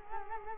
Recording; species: mosquito wingbeat signal from an infrared sensor; Culex quinquefasciatus